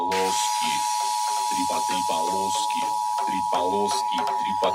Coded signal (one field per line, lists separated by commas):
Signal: Emergency Alert System (SAME) tones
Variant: 853 and 960 Hz attention tone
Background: speech, music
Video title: EAS Interrupts Cartoon Network